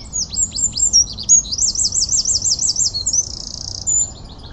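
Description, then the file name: Eurasian wren song: fast, high, piercing notes rolling into a rapid trill and finishing with a dry rattle. "Troglodytes troglodytes"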